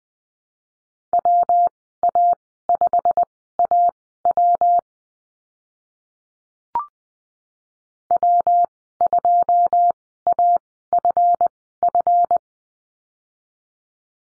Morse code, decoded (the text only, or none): WA5AW W2AFF